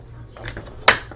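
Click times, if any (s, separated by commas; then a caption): 0.9 s. A circuit board that was not fully seated is pressed back into a plastic remote controller housing. A few faint taps and rustles lead up to one sharp, loud snap at 0.9 s, followed by a short tail and a small tap near the end. The board is back in place.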